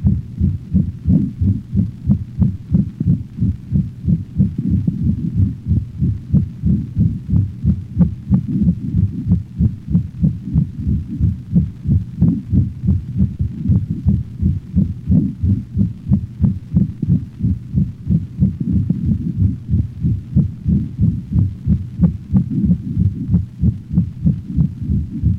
Canine Heart Sounds. Decrescendo murmur of aortic stenosis. Murmur is heard over the aortic valve region and radiates to the cervical vessels and the cranial right thorax.